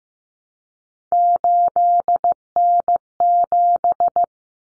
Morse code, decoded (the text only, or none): 8N7